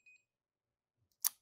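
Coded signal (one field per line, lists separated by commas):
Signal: beep code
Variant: access control keypad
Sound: a brief high electronic beep, maybe two run together, then a click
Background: small room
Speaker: two beeps it means that it's not working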